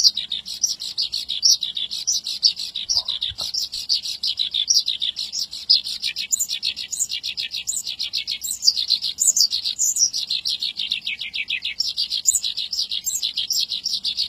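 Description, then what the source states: Javan bushlark singing a long, unbroken run of quick, scratchy high notes and trills, with a steady low hum underneath throughout. Local Javanese name branjang; described as a village bird.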